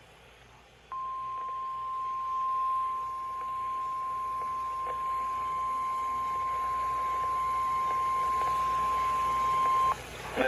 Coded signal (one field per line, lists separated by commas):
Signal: Emergency Alert System (SAME) tones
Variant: 1050 Hz attention tone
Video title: (EAS #264) Tornado Warning for Columbia, Dane, and Dodge, Wisconsin